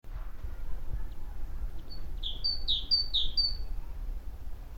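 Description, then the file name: Great tit song: a single short bout of a few quick two-note phrases, a high note then a lower one, over a steady low hum. "Parus major"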